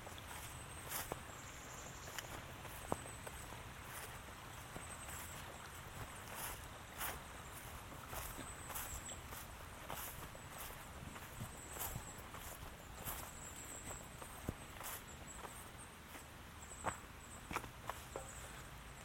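A walk in Michaux State Forest: footsteps crunch at a steady, unhurried pace, leaving short bright ticks every second or so. A low rumble runs continuously underneath, and a thin high insect-like whine holds throughout, with an occasional sharper snap standing out.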